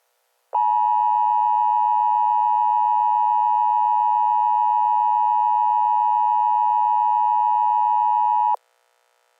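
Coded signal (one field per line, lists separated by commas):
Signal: Emergency Alert System (SAME) tones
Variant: 853 and 960 Hz attention tone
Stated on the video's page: Fictional EAS scenario.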